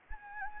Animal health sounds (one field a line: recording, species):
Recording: mosquito wingbeat signal from an infrared sensor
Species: Anopheles gambiae